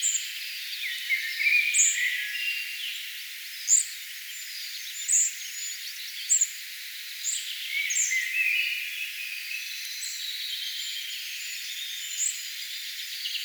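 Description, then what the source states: Spotted flycatcher song: thin, very high squeaky notes repeated every second or two, with fainter lower chirps and steady background hiss. Singing bird, recorded 4 June 2025.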